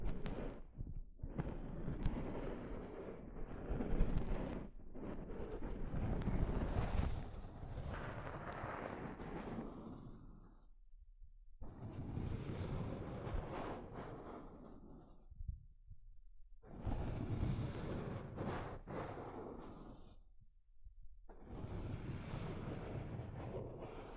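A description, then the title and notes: Soft fabric brushes over a microphone in long rumbling, rustling passes, each lasting several seconds and separated by brief near-silent gaps around 11, 16 and 21 seconds. The sound is dense and mostly low, with a breathy hiss on top, loudest in the first seven seconds. ASMR Mic Brushing using Soft Fabric (No Talking).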